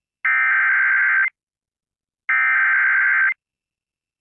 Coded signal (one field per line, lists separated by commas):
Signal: Emergency Alert System (SAME) tones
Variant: header bursts